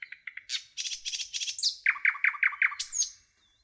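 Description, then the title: Nightingale singing a dense phrase of rapid buzzy rattles followed by about five loud, evenly repeated chirps, ending in a thin whistle. "A Beautiful Nightingale Song"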